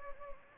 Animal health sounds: mosquito wingbeat signal from an infrared sensor; Anopheles gambiae

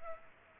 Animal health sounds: mosquito wingbeat signal from an infrared sensor; Culex pipiens

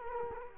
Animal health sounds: mosquito wingbeat signal from an infrared sensor; Culex quinquefasciatus

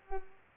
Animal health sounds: mosquito wingbeat signal from an infrared sensor; Culex pipiens

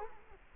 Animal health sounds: mosquito wingbeat signal from an infrared sensor; Culex quinquefasciatus

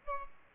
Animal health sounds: mosquito wingbeat signal from an infrared sensor; Aedes albopictus

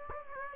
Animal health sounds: mosquito wingbeat signal from an infrared sensor; Aedes aegypti

